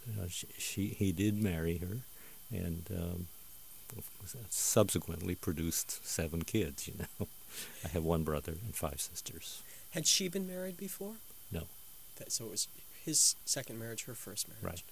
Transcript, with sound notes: she --- he did marry her, and subsequently produced seven kids. (chuckling) Ya know I have one brother and five sisters.
Had she been married before?
No.
So, it was his second marriage, her first marriage.